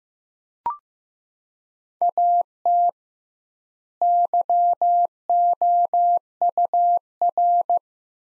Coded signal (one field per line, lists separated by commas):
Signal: Morse code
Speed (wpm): 15 wpm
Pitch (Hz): 700 Hz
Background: none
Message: AT YOUR